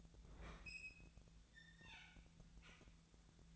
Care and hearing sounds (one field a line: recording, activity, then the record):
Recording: daily activity, microphone in the room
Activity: open fridge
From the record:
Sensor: 3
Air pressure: 1009.7 hPa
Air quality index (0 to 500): 192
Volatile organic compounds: 15 ppm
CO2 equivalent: 2503 ppm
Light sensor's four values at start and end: 38/94/40/43 and 38/94/40/43